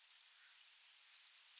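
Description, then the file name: Eurasian blue tit song: a couple of sharp high notes followed by a rapid, steady trill of repeated notes that runs to the end. "Cyanistes caeruleus"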